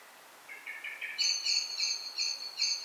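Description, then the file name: Common blackbird calling: a short run of lower notes, then a series of higher, repeated notes. "Turdus merula"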